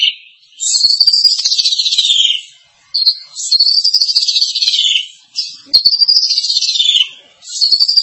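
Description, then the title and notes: Starling giving drawn-out, descending whistled phrases roughly every two and a half seconds, each one buzzy and wavering. "suara burung jalak"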